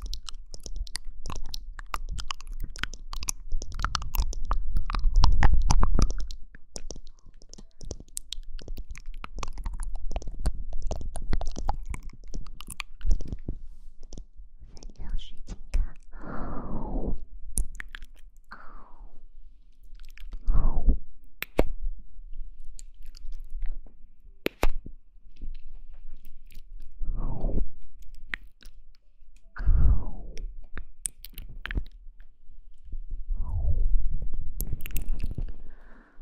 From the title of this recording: Mouth Sounds